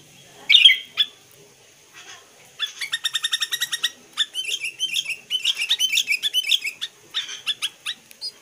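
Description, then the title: Sooty-headed bulbul song: a sharp burst near the start, then a long run of rapid, buzzy, stacked chattering notes, quick and uneven, going on to the end. "Kutilang"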